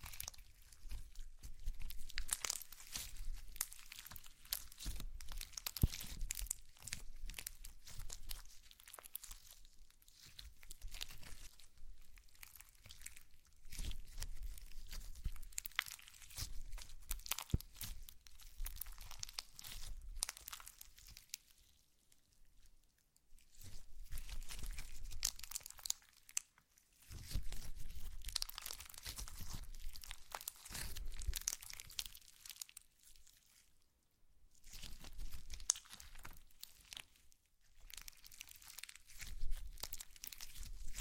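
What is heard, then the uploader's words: Slime being handled: wet crackling, crunching and crinkling sounds come in dense, bright bursts, with short squishy pops throughout. The activity rises and falls in waves of a few seconds, with brief quiet gaps near 23, 27, 34 and 38 seconds. ASMR SLIME! 5 Satisfying Slimes.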